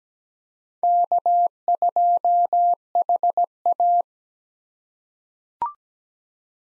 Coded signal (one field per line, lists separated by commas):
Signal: Morse code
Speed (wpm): 17 wpm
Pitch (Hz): 700 Hz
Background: none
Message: K2HA